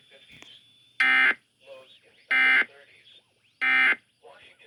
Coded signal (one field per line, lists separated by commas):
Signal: Emergency Alert System (SAME) tones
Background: speech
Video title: THE SLIGHT RISK ADVENTURE. (PT.1-3)(EAS#161-182)(2/17/22)